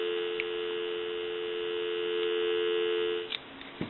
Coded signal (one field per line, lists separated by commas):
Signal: telephone call progress tone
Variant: North America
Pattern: dial tone